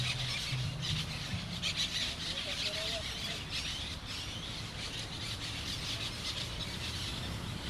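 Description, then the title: Parrots squawking as a flock, a dense, harsh, overlapping chatter that runs without pause, over a steady low rumble. Parrots at sunset in Crespo. "Loros En Crespo Al Atardecer"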